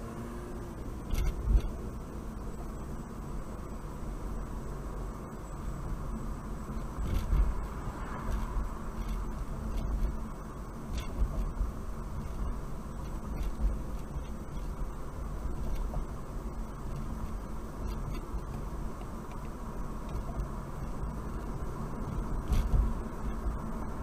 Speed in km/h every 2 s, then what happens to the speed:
31, 35, 37, 39, 39, 39, 39, 37, 39, 40, 42, 44.
0-6 speeds up to 39. 6-14 steady at about 39. 14-24 speeds up to 44.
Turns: none.